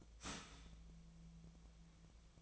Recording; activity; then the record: daily activity, microphone in the room; start toaster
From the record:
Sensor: 1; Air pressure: 1009.3 hPa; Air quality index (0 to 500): 195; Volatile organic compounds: 19 ppm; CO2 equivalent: 2660 ppm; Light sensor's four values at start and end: 28/71/29/35 and 28/71/29/35